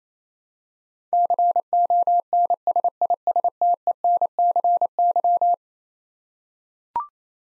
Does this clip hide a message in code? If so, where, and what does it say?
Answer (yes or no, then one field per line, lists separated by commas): yes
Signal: Morse code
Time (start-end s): 1.1-5.5 s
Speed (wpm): 28 wpm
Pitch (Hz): 700 Hz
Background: none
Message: CONSISTENCY